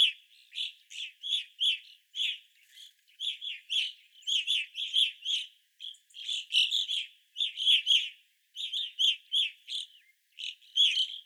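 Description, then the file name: Evening grosbeaks uttering loud, burry chirps in quick clusters of two to four notes, calling almost continuously from several birds. Several evening grosbeaks recorded on 25 April 2021. "2021-04-25 Evening Grosbeaks"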